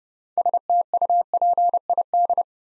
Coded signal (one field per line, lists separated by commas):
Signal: Morse code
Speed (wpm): 30 wpm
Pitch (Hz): 700 Hz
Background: none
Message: STUPID